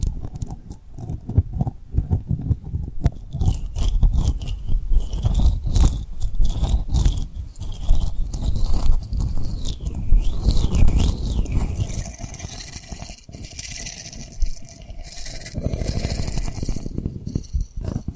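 Tapping and rubbing on rhinestone triggers, with a dense run of quick, irregular taps and scratchy rubs that continues without pause. A thin, wavering high tone drifts through the first ten seconds, and the second half turns brighter and hissier with more scraping texture.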